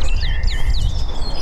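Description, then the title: European greenfinch song: a series of quick, downward-slurred twittering notes, repeated several times over a strong low rumble. "vogel der woche. Gruenfink"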